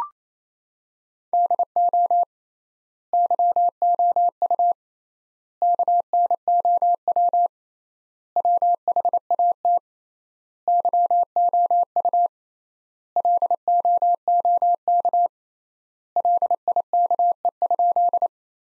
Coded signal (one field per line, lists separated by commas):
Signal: Morse code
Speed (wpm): 28 wpm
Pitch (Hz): 700 Hz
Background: none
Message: DO YOU KNOW WHAT YOU LOOK LIKE?